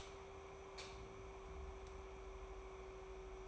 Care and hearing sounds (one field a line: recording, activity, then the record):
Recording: daily activity, microphone in the room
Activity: light on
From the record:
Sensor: 1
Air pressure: 1010.3 hPa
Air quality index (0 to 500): 171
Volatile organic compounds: 12 ppm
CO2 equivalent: 2358 ppm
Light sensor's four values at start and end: 54/141/58/73 and 57/151/62/78